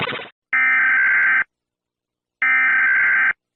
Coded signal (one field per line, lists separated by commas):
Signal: Emergency Alert System (SAME) tones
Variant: header bursts